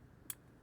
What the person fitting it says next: oh i heard a click